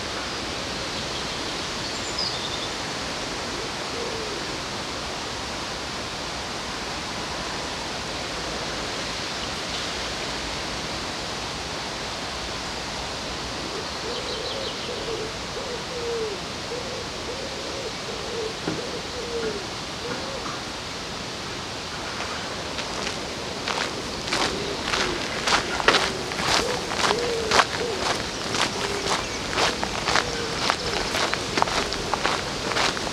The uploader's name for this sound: Sounds along the river in Odense, Denmark